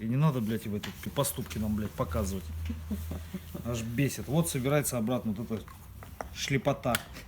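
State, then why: Not seated. Someone talks while handling a plastic part of the cabin heater blower fan of a Skoda Octavia A7, reassembled to cure the fan's whistle, as it is brought back toward its housing. Faint handling sounds are heard under the speech, but nothing has seated or clicked yet by the end of the clip.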